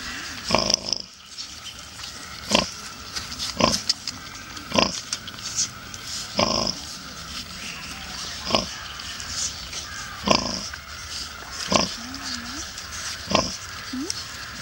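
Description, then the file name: Wild boar grunting: repeated short harsh snorts roughly every one to two seconds, mixed with a few brief squeals. In a wildlife park in Witten-Hohenstein, Germany. "Witten - Hohenstein - Wildpark - sus scrofa"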